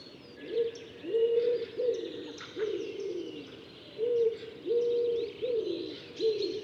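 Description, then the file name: Common wood pigeon cooing, a run of low, hoarse, breathy coos repeated in short phrases, with faint songbird twittering and steady background noise. "Ringdue"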